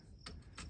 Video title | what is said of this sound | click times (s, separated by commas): Ford 6.7 Powerstroke Diesel 2011-2016 Fuel Filters Replacement How-To | connector here until it clicks, and then just double check this, make sure it's | 0.3 s, 0.6 s